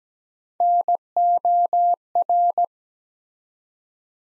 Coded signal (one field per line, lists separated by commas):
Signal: Morse code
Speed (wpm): 17 wpm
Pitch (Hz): 700 Hz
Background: none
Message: NOR